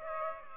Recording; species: mosquito wingbeat signal from an infrared sensor; Aedes aegypti